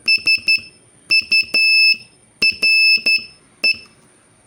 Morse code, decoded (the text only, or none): SURE